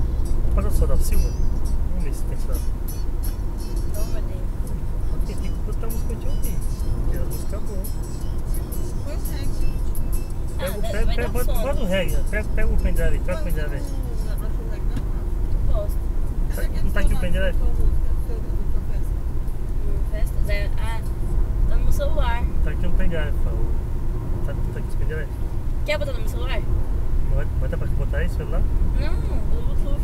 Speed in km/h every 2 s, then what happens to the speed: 92, 91, 91, 90, 89, 89, 89, 90, 91, 94, 97, 99, 102, 103, 102.
0-12 steady at about 90. 12-30 speeds up to 102.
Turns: none.